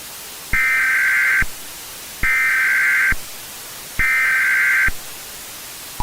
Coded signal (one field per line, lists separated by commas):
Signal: Emergency Alert System (SAME) tones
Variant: header bursts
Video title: EAS | National Departament of Defense | Unknown Hostile Force.